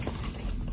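A second wiring harness connector is handled at the socket of a 12.8-inch Android touch screen head unit for a 2012–2015 Mercedes-Benz ML/GL, with only steady low-frequency rumble and faint handling noise and no sharp transients. Nothing has seated or clicked yet.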